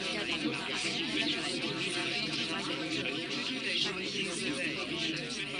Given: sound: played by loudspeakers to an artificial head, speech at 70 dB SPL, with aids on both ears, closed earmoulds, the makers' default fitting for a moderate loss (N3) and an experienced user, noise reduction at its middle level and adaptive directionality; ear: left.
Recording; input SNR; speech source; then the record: speech test signal (ISTS) in cocktail-party noise; -6 dB; on the right (90 degrees)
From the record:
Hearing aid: class 2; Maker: D